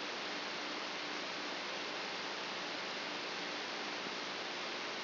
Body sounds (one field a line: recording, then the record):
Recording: brain microelectrode recording played as sound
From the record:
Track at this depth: inside the subthalamic nucleus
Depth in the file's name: 2.634 mm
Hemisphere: left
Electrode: 3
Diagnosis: Parkinson's disease